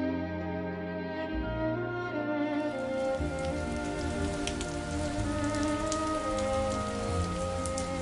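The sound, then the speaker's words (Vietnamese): Steady rain falls without pause, lasting into the evening, a dense, even patter of drops hitting a surface with a low, continuous hum underneath and scattered sharper taps. No voices are heard. “Cơn mưa kéo dài đến tối vẫn không dứt”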